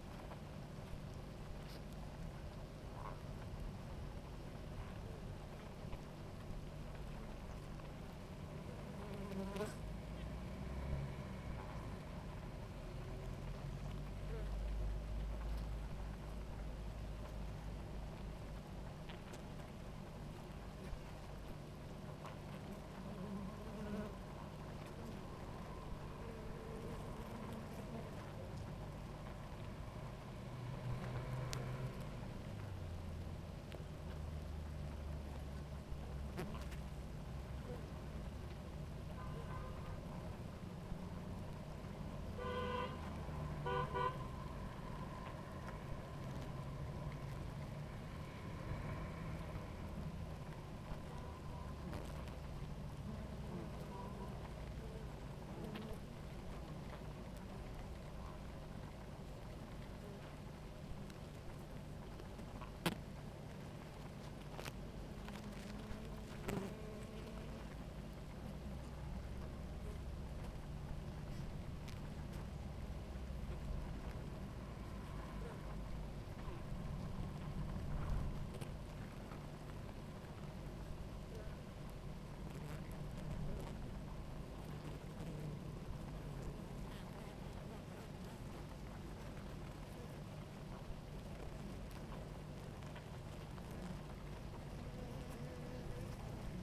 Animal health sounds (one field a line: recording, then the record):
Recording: honeybee colony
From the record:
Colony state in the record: active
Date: 28 July 2017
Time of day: 17:36